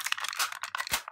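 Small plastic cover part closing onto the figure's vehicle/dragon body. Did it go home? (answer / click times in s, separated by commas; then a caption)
yes / 0.8 s. A small plastic cover part on an S.H.Figuarts Kamen Rider Ryuki Survive Dragranzer dragon vehicle is closed over the tire during transformation. Bright, crinkly plastic rattling and handling fill the clip with several small ticks. The strongest snap, at 0.8 s, is the part clicking shut into place.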